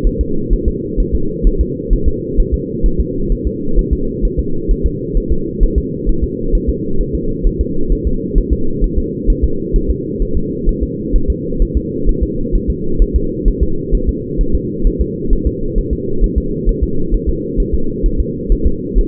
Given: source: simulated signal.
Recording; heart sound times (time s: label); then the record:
fetal heart sounds
0.07 s: S1
0.21 s: S2
0.53 s: S1
0.68 s: S2
1.00 s: S1
1.15 s: S2
1.47 s: S1
1.61 s: S2
1.93 s: S1
2.08 s: S2
2.40 s: S1
2.54 s: S2
2.86 s: S1
3.00 s: S2
3.32 s: S1
3.47 s: S2
3.79 s: S1
3.93 s: S2
4.25 s: S1
4.40 s: S2
4.71 s: S1
4.86 s: S2
5.17 s: S1
5.32 s: S2
5.63 s: S1
5.78 s: S2
6.09 s: S1
6.24 s: S2
6.55 s: S1
6.69 s: S2
7.01 s: S1
7.15 s: S2
7.47 s: S1
7.61 s: S2
7.92 s: S1
8.07 s: S2
8.38 s: S1
8.53 s: S2
8.84 s: S1
8.98 s: S2
9.30 s: S1
9.44 s: S2
9.76 s: S1
9.91 s: S2
10.22 s: S1
10.37 s: S2
10.69 s: S1
10.83 s: S2
11.16 s: S1
11.30 s: S2
11.62 s: S1
11.77 s: S2
12.09 s: S1
12.23 s: S2
12.55 s: S1
12.70 s: S2
13.02 s: S1
13.16 s: S2
13.48 s: S1
13.63 s: S2
13.95 s: S1
14.09 s: S2
14.41 s: S1
14.55 s: S2
14.87 s: S1
15.01 s: S2
15.33 s: S1
15.47 s: S2
15.78 s: S1
15.93 s: S2
16.24 s: S1
16.38 s: S2
16.69 s: S1
16.83 s: S2
17.14 s: S1
17.29 s: S2
17.60 s: S1
17.74 s: S2
18.06 s: S1
18.20 s: S2
18.52 s: S1
18.67 s: S2
18.98 s: S1
From the record:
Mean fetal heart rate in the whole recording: 130 bpm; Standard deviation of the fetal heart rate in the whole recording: 2 bpm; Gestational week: 38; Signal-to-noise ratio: -8.1 dB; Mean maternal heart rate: 72 bpm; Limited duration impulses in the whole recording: absent